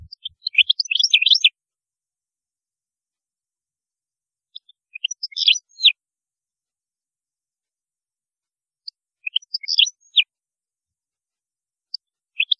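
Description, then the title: European goldfinch twittering in brief bright phrases of chirps and slurred notes, spaced about four seconds apart. "Chant Chardonneret"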